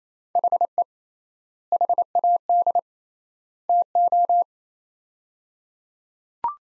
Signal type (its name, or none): Morse code